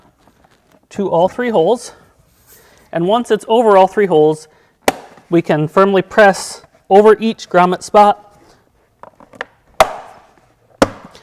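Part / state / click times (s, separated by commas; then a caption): plastic oil filler cover into rubber grommets on ATV body / seated / 9.4 s, 9.8 s, 10.8 s. Someone talks while a plastic oil filter/filler cover on a CFMOTO CForce ATV body is lined up over three rubber grommet holes and pressed firmly over each grommet spot. Three sharp clicks follow at 9.4, 9.8 and 10.8 seconds as the cover snaps onto the rubber grommets and latches back into place, seated.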